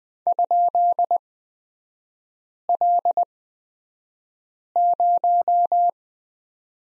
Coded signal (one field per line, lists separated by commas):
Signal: Morse code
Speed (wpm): 20 wpm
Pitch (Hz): 700 Hz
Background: none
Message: ?L0